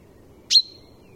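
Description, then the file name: Common Chaffinch giving one short, sharp call note that drops quickly and trails off into a thin, fading whistle; otherwise quiet. "Fringilla coelebs"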